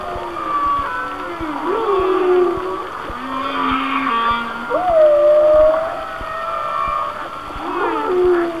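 Whale song with long low moans, upward swoops and a sustained whistled note over faint hiss.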